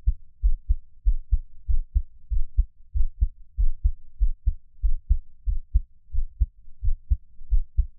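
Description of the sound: Deep, muffled lub-dub thumps repeat steadily at about 90 beats a minute, each beat a soft pair of low knocks. An adult's ordinary heartbeat, heard up close for ASMR, with no talking and only a faint room hum behind it.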